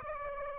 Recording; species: mosquito wingbeat signal from an infrared sensor; Aedes aegypti